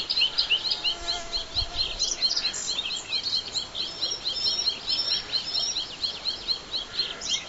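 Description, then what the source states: Bluethroat song: a long, lively string of high, clipped chirps and ringing notes delivered rapidly and almost without pause. Black-faced bunting and dusky warbler songs in background.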